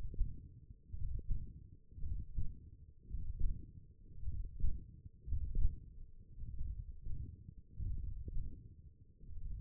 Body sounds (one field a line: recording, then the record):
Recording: forearm muscle sounds (acoustic myography)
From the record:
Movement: hand closing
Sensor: system 1, eight BSWA MPA416 microphones around the upper forearm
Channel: 1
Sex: male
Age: 21 years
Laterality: right